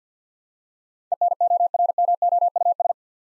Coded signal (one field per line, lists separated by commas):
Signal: Morse code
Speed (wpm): 48 wpm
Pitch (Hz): 700 Hz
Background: none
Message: ENORMOUS